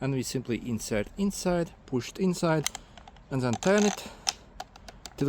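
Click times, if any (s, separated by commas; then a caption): 5.1 s. An Allen key is pushed into the locking hole of a Makita string trimmer head, and the head is turned until the key drops into the locking slot so it can no longer spin. Someone talks, then a few small clicks and taps follow. The key clicks into place and locks the head at 5.1 s.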